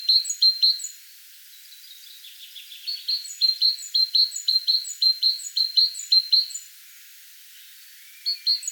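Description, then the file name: Great tit calls: bright, high notes repeated rapidly in pairs and short runs, with pauses, ending in a brief final burst. "Parus major"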